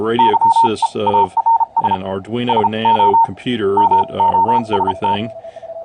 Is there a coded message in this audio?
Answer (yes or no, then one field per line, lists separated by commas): yes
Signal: Morse code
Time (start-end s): 0.2-5.1 s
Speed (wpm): 34 wpm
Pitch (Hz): 910 Hz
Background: speech, radio noise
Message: YEARS SO MOST